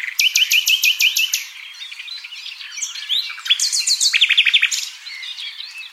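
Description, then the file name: Common nightingale song: a run of loud repeated whistled notes, a softer jumble of varied chirps, then another fast series of sharp repeated notes. "Luscinia megarhynchos"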